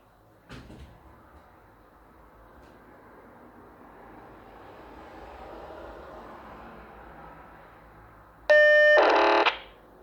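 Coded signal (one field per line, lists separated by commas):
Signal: POCSAG pager data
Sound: quiet static, then a half-second steady buzzing tone followed by a harsh half-second data rasp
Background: radio static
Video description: UPDATED: It’s a Personal Searcher ”sound” you are hearing and a POCSAG broadcasting.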